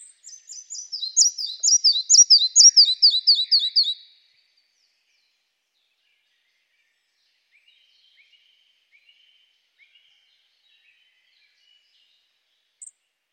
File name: Mathias Ritschard - Malaya muholovka Ficedula parva